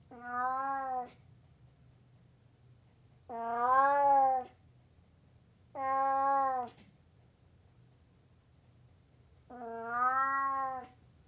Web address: BBC Sound Effects Library. Burmese Cat Meowing